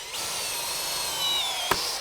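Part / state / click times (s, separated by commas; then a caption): depth-setting driver bit on deck screw into composite deck board / torque reached / 1.7 s. A deck screw is driven into Trex Transcend composite deck board with a special depth-setting driver bit, and a drill whirs steadily throughout. At 1.7 s a sharp click sounds as the bit's clutch disengages at the proper depth for a plug.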